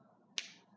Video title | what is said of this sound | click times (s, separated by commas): Review - Balmi Roseberry Lip Balm | the way it feels when it locks into place way better than me oh it's just stating | 0.4 s